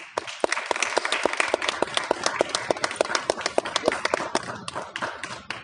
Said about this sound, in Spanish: Y pues un aplauso, por favor.